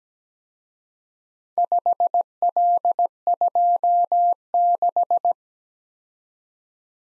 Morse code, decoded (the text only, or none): 5L26